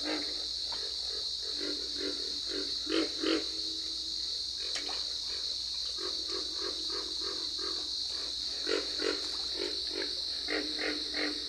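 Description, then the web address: Pig frog giving short, deep, pig-like grunts in an uneven series over a steady high drone. "Dan Gibson's Solitudes Frog Song. Pig Frog"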